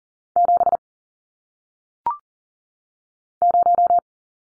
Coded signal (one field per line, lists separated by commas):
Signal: Morse code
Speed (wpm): 40 wpm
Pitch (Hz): 700 Hz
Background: none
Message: 7 0